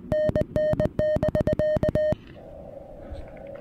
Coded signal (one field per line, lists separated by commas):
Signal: Morse code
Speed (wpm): 20 wpm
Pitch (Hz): 610 Hz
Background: music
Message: NN <BK>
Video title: SOTA and Stunning Views: Breaking in the Venus SW-3B on Dogback Mountain!